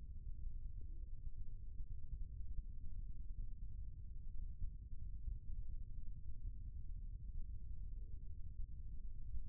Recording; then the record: forearm muscle sounds (acoustic myography)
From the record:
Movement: rest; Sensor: system 1, eight BSWA MPA416 microphones around the upper forearm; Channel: 5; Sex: male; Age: 20 years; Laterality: left